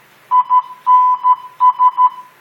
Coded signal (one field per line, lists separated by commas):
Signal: Morse code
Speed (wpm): 13 wpm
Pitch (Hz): 1000 Hz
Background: none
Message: INS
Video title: N5XTC Using Just Learn Morse Code Program